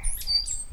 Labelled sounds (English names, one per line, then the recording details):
Stitchbird song
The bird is a male
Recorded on Tiritiri Matangi Island, New Zealand, in 2005
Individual 8, of nest box 10